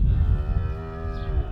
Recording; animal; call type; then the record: contact call of a hoofed animal; cattle; low-frequency (closed-mouth) or high-frequency (open-mouth) call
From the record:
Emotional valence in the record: negative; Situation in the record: full separation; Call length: 1.52 s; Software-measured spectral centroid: 660 Hz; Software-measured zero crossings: 450 a second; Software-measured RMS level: -23 dBFS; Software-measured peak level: -10 dBFS